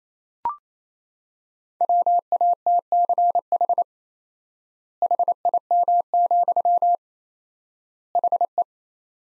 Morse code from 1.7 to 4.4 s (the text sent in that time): WATCH